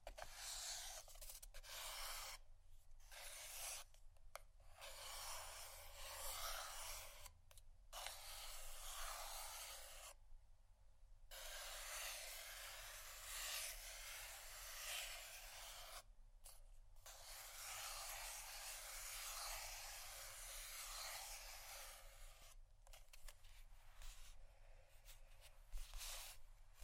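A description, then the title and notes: Steady scratching and rubbing over a soft surface fills the clip, a dense bright rasp that hardly lets up. It breaks off in brief gaps, including a longer pause near ten seconds. A low, faint murmur sits underneath. Soft, Tapping, Cardboard, Massage, Scratching, Silicone, Etc. (No Talking).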